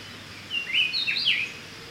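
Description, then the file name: Speckle-breasted Wren, a single clear whistled phrase of swooping notes, rising then dipping, roughly one second long, with a steady hiss behind. "Pheugopedius sclateri - Speckle-breasted Wren"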